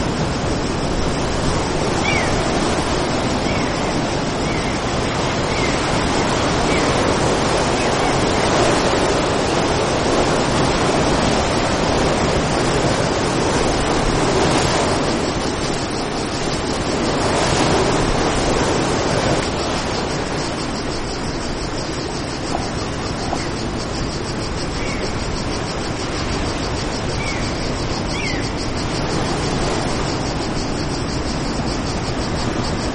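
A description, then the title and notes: Waves wash steadily in a dense, unbroken roar with a soft breeze, swelling slightly around fifteen to eighteen seconds, and faint bird chirps. BEACHSIDE SUMMER DAY AMBIENCE. The sound of crashing waves while you feel a calm steady breeze.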